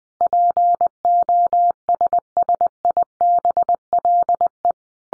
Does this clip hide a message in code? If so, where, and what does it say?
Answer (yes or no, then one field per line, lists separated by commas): yes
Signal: Morse code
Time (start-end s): 0.2-4.7 s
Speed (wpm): 20 wpm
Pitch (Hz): 700 Hz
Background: none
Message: POSSIBLE